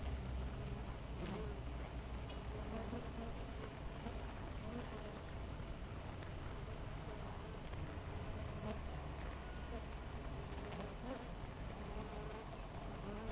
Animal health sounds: honeybee colony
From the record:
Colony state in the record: missing queen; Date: 14 July 2017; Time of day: 6:37

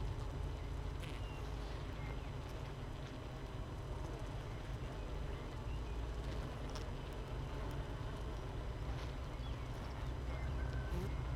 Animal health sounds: honeybee colony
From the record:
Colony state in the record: missing queen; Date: 31 May 2018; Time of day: 6:02

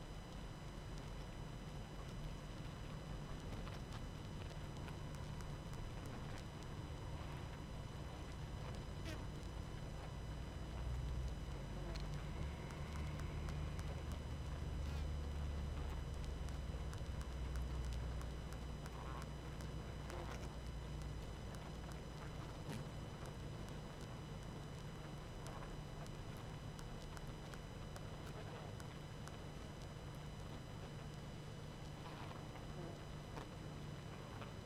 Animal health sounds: honeybee colony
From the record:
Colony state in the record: active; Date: 12 June 2018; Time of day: 20:27

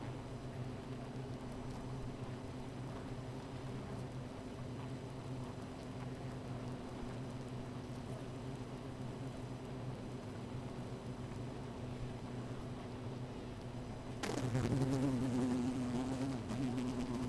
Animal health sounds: honeybee colony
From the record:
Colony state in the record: missing queen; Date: 14 July 2017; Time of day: 13:48

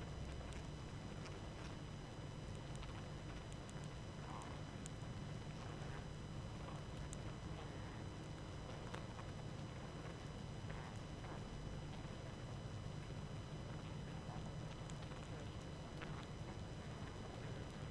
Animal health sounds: honeybee colony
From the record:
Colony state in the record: active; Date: 12 June 2018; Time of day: 21:13

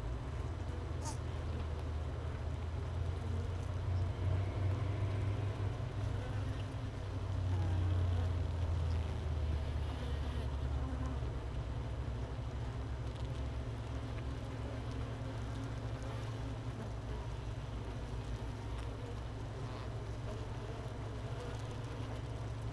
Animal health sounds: honeybee colony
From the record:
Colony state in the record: missing queen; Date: 31 May 2018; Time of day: 13:13

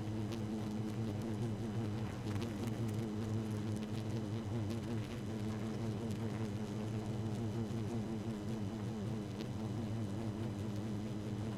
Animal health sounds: honeybee colony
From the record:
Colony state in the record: active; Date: 12 June 2018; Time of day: 0:17

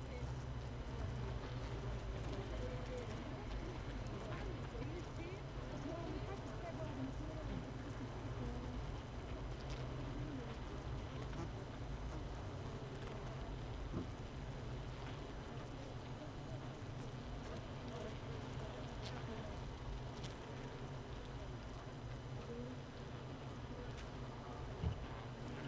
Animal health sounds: honeybee colony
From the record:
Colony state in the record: missing queen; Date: 31 May 2018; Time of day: 15:58

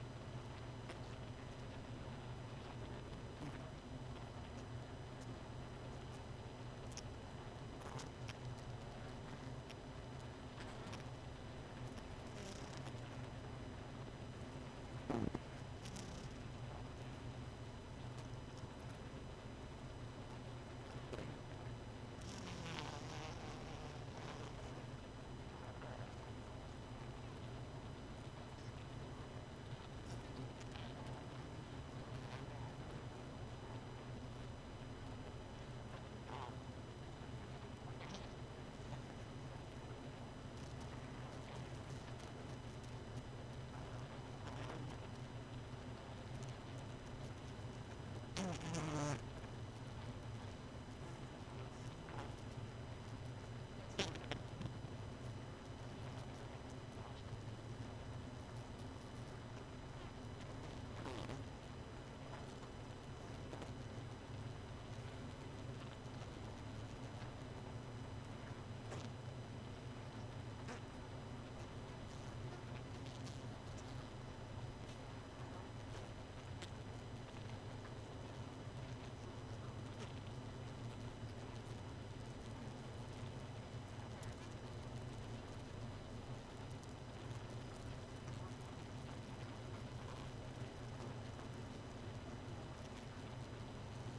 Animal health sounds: honeybee colony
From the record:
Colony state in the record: missing queen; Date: 31 May 2018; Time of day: 1:34

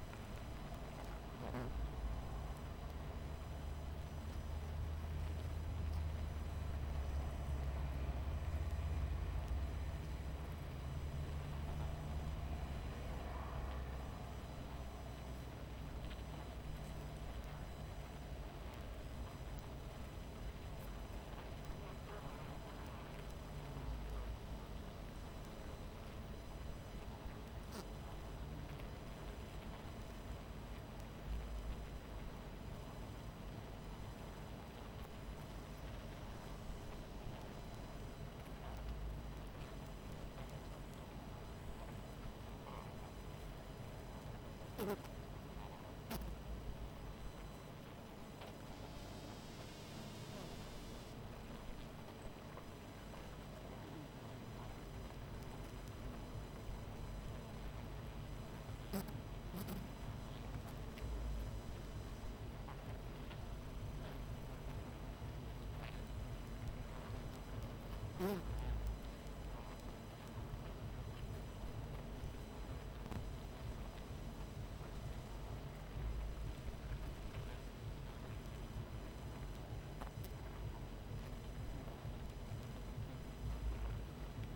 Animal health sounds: honeybee colony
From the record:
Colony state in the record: missing queen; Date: 14 July 2017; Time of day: 23:45

